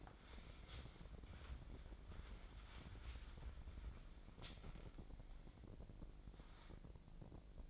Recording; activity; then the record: daily activity, microphone in the room; wipe stove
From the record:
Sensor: 5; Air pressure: 1012.4 hPa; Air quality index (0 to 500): 158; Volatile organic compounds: 2 ppm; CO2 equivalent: 1076 ppm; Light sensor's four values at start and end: 203/488/208/248 and 193/464/197/230